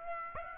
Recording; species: mosquito wingbeat signal from an infrared sensor; Aedes aegypti